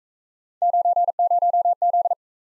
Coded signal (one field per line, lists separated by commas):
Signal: Morse code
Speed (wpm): 42 wpm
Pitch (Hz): 700 Hz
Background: none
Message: 90Z